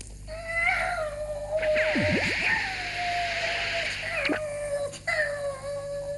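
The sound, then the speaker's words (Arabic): A cat named Three Meow lets out long, drawn-out yowls while its scratches are treated with mustard ointment, wavering and rising in pitch, with a brief sharp swooping cry in the middle and a short break before the wailing resumes. “يكفي الآن أيها الجبان، هذا الدواء لا يلسع أبدا.”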